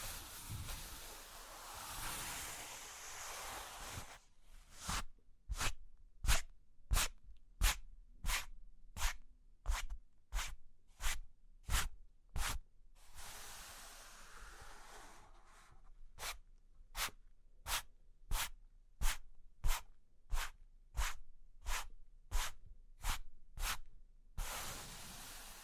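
Cork and wood being scratched and traced, a rough, hissing rub filling the first four seconds, again around 13–16 seconds, and at the very end. Between these stretches come regular, evenly spaced taps, sharp and bright, roughly two or three per second.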